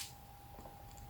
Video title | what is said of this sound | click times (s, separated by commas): Transformers Legacy United Commander class Magmatron Review | it doesn't want to click okay that's fun um | none